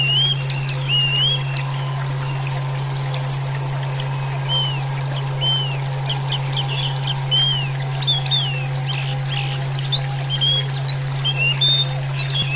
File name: suara alam hwamei